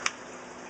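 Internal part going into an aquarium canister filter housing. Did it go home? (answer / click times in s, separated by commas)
yes / 0.1 s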